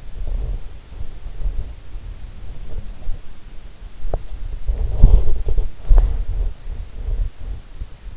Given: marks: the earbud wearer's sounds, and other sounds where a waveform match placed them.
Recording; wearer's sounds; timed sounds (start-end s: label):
sounds in sleep by an in-ear microphone; teeth grinding, breath, swallowing, body movement
0.11-0.69 s: teeth grinding
0.89-1.75 s: teeth grinding
2.65-3.22 s: breath
4.07-4.22 s: swallowing
4.66-5.66 s: body movement
5.84-6.56 s: teeth grinding